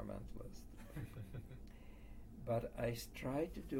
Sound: laughter